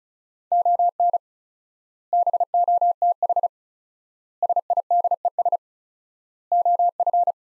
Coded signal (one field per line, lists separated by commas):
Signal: Morse code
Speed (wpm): 36 wpm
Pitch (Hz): 700 Hz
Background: none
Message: ON BOTH SIDES OF